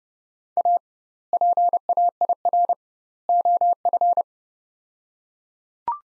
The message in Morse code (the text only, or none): A PAIR OF